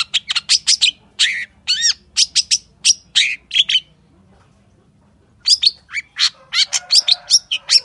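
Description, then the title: Long-tailed shrike song of quick, sharp, high notes and slurred whistles, a short silent gap, then another burst of rapid varied chattering. Wild local bird, morning song with toet-toet variations, used as master song to train caged birds and provoke them to sing. "Cendet Gacor Dor Di Kala Pagi Toet Toet Variasi Suara. MASTERAN CENDET LOKAL ALAM GACOR FULL ISIAN"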